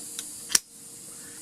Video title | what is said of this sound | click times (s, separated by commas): Budget Folding Saw Comparison- Silky saw vs. Ozark Trail vs. Muddy #silkysaw #ozarktrail #muddybrand | it locks in place it's good and sturdy locked in place | 0.6 s